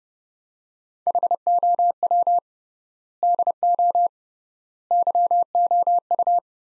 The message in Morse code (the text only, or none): HOW DO YOU